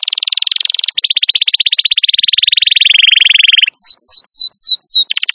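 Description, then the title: Canary song: a short trill, then a long fast trill slowly falling in pitch, then several separate downslurred whistles and a closing quick trill, loud and clear with nothing else heard. Wild canary; long, continuous, energetic song used as a master recording to train or lure canaries. "Pikat Kenari GACOR PANJANG INI Cocok Untuk Masteran KENARI LIAR"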